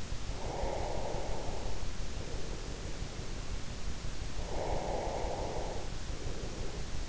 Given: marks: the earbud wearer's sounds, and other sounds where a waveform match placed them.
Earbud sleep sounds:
sounds in sleep by an in-ear microphone; breath
0.36-3.38 s: breath
4.26-7.08 s: breath

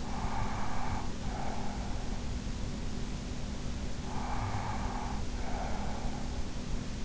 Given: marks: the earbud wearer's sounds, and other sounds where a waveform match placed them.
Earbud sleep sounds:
sounds in sleep by an in-ear microphone; breath
0.00-2.18 s: breath
4.05-6.45 s: breath

